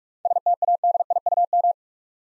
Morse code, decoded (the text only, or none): STADIUM